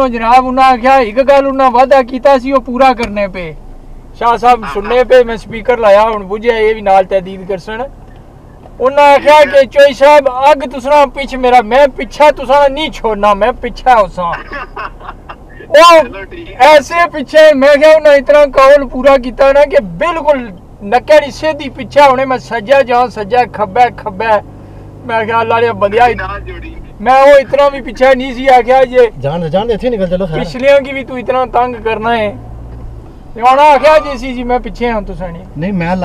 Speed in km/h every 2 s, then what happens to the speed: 5, 5, 6, 8, 6, 2, 6, 8, 6, 8, 8, 11, 13, 5, 5, 15, 16, 19.
0-18 steady at about 6. 23-26 slows to 5. 28-36 speeds up to 19.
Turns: none.